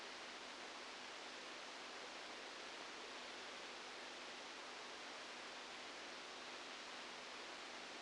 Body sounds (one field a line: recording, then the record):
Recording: brain microelectrode recording played as sound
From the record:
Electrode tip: outside the subthalamic nucleus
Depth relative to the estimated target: -10 mm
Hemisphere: right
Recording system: NeuroSet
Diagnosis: Parkinson's disease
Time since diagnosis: 15 years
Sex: female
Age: 59 years